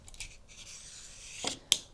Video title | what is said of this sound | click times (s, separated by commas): UGREEN M.2 NVMe SSD Enclosure: Review, Installation & Testing | And you get a little click. | 1.7 s